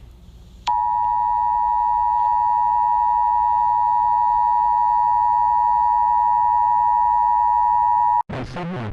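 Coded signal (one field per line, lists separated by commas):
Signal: Emergency Alert System (SAME) tones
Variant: 853 and 960 Hz attention tone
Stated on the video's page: Fictional EAS scenario using valid EAS tones.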